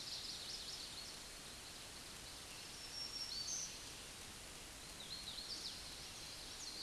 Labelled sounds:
Black-throated Green Warbler song
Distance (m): 70 m
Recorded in a Pennsylvania forest on 20 May 2023 at 06:23
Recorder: AudioMoth, point grid1_9_low
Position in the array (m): 113 m, 157 m

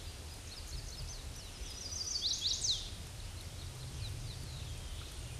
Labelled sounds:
Chestnut-sided Warbler song
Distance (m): 25 m
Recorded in a Pennsylvania forest on 18 May 2023 at 06:46
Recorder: AudioMoth, point grid1_19_low
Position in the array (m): 122 m, 211 m

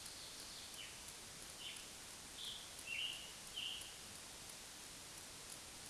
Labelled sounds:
Scarlet Tanager song
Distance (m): 30 m
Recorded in a Pennsylvania forest on 31 May 2023 at 20:35
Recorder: AudioMoth, point grid3_16_high
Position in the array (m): 265 m, 111 m

